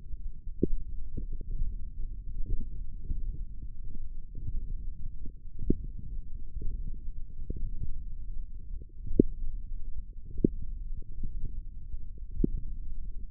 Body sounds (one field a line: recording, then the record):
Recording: forearm muscle sounds (acoustic myography)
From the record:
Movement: index flexion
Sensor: system 1, eight BSWA MPA416 microphones around the upper forearm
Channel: 5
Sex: female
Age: 22 years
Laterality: right